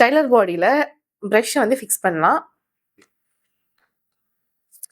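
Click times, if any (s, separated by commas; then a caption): 4.8 s. Someone talks, then pushes the plastic brush attachment onto the motor body of an Ikonic 3 in 1 Express Styler, and a sharp click is heard at 4.8 s as the brush head locks onto the body.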